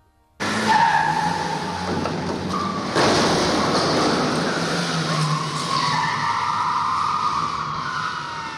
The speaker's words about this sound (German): Die Autos standen genau am Strich, wie Rennläufer. Und sie sind sofort losgedonnert, als die Ampel auf Grün sprang. Ein Auto hatte einen besonders starken Motor und ist losgeschossen, gerade vor ein anderes Auto davor.